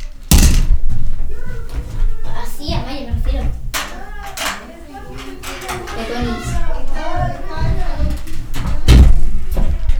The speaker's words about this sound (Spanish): Ya, pero empuja la puerta